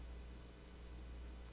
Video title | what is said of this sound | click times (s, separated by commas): QUICK & DIRTY: 4 Post Hoist | like this click there we go | 0.7 s